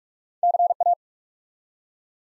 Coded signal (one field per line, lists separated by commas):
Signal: Morse code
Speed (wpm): 47 wpm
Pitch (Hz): 700 Hz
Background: none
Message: CA